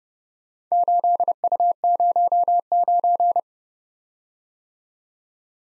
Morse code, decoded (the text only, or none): 8U09